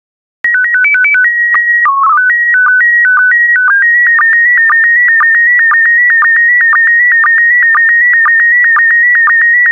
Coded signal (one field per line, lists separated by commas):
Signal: SSTV (slow-scan television)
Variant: PD 120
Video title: 144078 California Coasts SSTV PD120